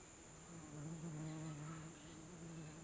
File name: Mosca passando perto com grilos e cigarras